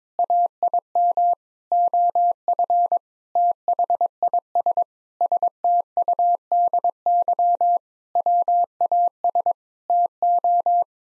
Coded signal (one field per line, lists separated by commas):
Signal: Morse code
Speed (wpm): 22 wpm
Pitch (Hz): 700 Hz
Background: none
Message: AIM OF THIS STUDY WAS TO